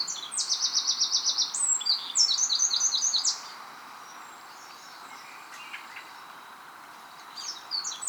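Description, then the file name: Eurasian wren song, a burst of rapid, shrill trills lasting about three seconds, followed by quiet with a few faint notes and a brief return of trilling. "Troglodytes troglodytes"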